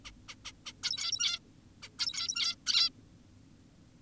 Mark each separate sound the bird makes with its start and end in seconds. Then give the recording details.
0.05-0.11, 0.29-0.35, 0.45-0.52, 0.66-0.73, 0.84-1.39, 1.83-1.89, 1.99-2.56, 2.67-2.90. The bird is an adult. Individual g17y2U